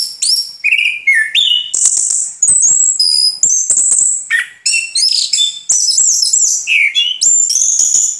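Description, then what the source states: Orange-headed thrush song, a rapid, varied stream of high whistles, buzzy trills and sharp chirps with abrupt pitch jumps, delivered almost without pause. Singing vigorously and continuously (gacor), local name anis kembang.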